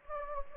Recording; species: mosquito wingbeat signal from an infrared sensor; Anopheles gambiae